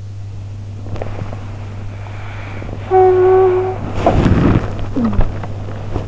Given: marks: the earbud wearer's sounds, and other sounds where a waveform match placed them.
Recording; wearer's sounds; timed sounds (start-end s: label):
sounds in sleep by an in-ear microphone; body movement, talking in sleep
0.60-2.68 s: body movement
3.00-4.04 s: talking in sleep
4.79-5.86 s: sound from someone else or the room